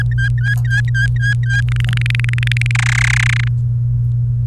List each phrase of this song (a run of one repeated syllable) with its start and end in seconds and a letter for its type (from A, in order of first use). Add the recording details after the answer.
0.00-1.61 A, 1.68-2.71 B, 2.75-3.48 C. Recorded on 28 April 2018 at 17:57. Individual llb3